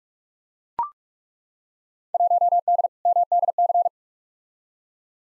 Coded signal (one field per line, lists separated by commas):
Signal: Morse code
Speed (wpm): 41 wpm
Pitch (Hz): 700 Hz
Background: none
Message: 1D MDC